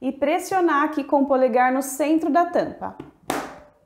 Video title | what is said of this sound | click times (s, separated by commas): PDA VITRINE 11/2021 SENSAÇÕES - DEMONSTRAÇÃO | vai ouvir alguns cliques e ela vai ficar totalmente fechada Viu como é fácil | 3.3 s